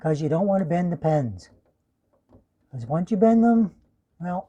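A front-panel USB cable connector is being handled toward its motherboard header during a Corsair 220T RGB build, with care taken not to bend the pins. Someone talks through most of the clip, with a faint soft sound at about 2.3 s in a quiet gap. The connector has not seated or clicked in yet.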